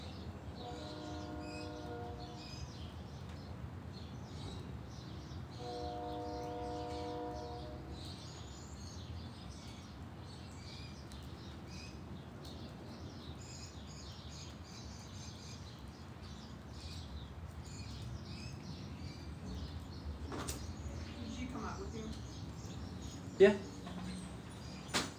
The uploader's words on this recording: Sunday morning mist in my backyard in Phoenix Arizona. The neighborhood sounds, the birds chirping.